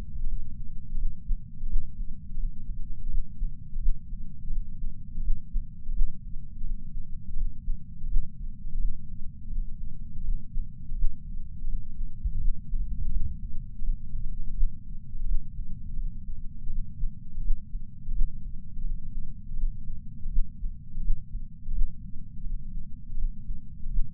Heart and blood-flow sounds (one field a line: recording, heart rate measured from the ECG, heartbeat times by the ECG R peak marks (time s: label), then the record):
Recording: heart sounds by patch sensor on the chest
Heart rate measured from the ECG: 84 bpm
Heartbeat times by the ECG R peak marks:
0.27 s: heartbeat
0.97 s: heartbeat
1.68 s: heartbeat
2.38 s: heartbeat
3.09 s: heartbeat
3.80 s: heartbeat
4.51 s: heartbeat
5.22 s: heartbeat
5.93 s: heartbeat
6.64 s: heartbeat
7.36 s: heartbeat
8.08 s: heartbeat
8.80 s: heartbeat
9.51 s: heartbeat
10.24 s: heartbeat
10.96 s: heartbeat
11.67 s: heartbeat
12.40 s: heartbeat
13.11 s: heartbeat
13.82 s: heartbeat
14.55 s: heartbeat
15.26 s: heartbeat
15.97 s: heartbeat
16.70 s: heartbeat
17.42 s: heartbeat
18.13 s: heartbeat
18.84 s: heartbeat
19.57 s: heartbeat
20.30 s: heartbeat
21.02 s: heartbeat
21.73 s: heartbeat
22.44 s: heartbeat
23.17 s: heartbeat
23.91 s: heartbeat
From the record:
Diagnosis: coronary artery disease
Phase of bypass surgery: postoperative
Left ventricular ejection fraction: 59.9%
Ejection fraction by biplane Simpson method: 56%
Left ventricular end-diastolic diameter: 50 mm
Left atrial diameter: 38 mm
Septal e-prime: 8.6 cm/s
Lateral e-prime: 8.8 cm/s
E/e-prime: 7.7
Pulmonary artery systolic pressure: 23 mmHg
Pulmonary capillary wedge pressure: 16 mmHg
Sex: male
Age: 69 years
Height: 160 cm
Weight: 69 kg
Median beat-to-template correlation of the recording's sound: 0.74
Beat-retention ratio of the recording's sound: 0.99